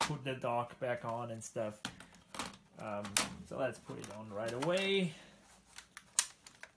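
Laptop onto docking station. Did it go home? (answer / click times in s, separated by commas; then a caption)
yes / 6.2 s. Someone talks as a trash-picked ThinkPad laptop is set back down onto its plastic docking station and pressed until the dock connector and latches engage. After a few soft knocks, a sharp click at 6.2 s marks the laptop seating in the dock, followed by lighter taps.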